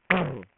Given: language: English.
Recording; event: throat vibration sensor signal played as sound; throat clearing